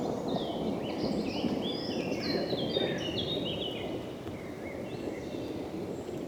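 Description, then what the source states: Songbirds singing, many short chirps and warbled phrases over steady rustling noise. With rustling leaves in the background.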